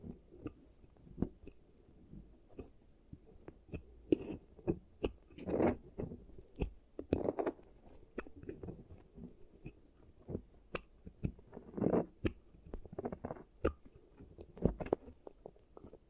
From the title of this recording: ASMR Giant Teeth Treatment, Fixing Your Cavities